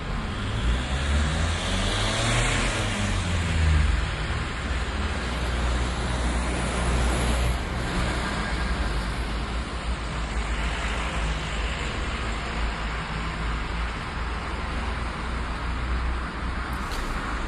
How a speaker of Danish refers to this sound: Det er biler, det her. Jeg drømmer sgu lidt om en bil, men vi skal snakke om nogle biler, der er lidt mindre end dem, du hørte her.